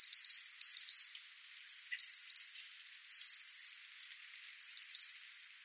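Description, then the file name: European robin delivering high, sparkling phrases of quick notes and trills, several bursts in succession separated by brief gaps. "Erithacus rubecula"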